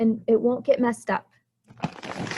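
Someone talks, then from about 1.7 s a plastic cap is pushed onto a dry-erase marker to close it so the marker won't get messed up, making brief rustling and light tapping sounds. The cap has not clicked shut yet.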